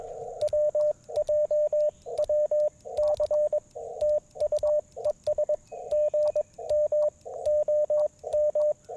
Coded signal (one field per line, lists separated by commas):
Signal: Morse code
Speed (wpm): 22 wpm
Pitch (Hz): 590 Hz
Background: radio noise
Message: WJWC TU ES GM OM